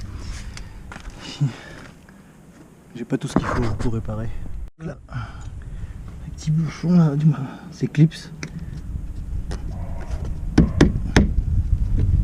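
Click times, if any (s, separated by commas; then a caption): 11.2 s. A small plastic plug or clip for a running-board installation is pushed into the body of a BMW X5 E70 while someone talks. A few sharp impacts build in loudness, at 10.6 s and 10.8 s, and the loudest hit comes last at 11.2 s, when the clip locks into place.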